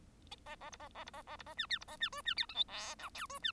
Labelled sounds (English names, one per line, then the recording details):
Bengalese Finch song
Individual Bird1